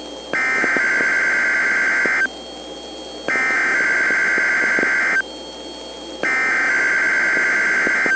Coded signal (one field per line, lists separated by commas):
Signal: Emergency Alert System (SAME) tones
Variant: header bursts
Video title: NH Required Monthly Test (8/8/16)